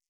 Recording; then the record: hydrophone in a shrimp aquaculture tank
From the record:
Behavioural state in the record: stressed